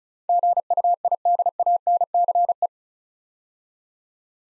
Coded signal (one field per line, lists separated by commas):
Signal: Morse code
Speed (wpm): 34 wpm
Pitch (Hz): 700 Hz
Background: none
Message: GUIDANCE